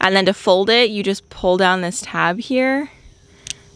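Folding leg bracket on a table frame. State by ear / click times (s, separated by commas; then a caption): seated / 3.5 s. Someone talks while pulling down the tab on a folding leg bracket on a table frame. The leg collapses and clicks into its folded position at 3.5 s, a single sharp click heard after the speech stops, though it may be the tab releasing rather than the fold locking.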